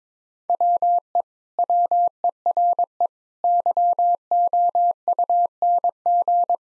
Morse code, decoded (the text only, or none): WE WERE YOUNG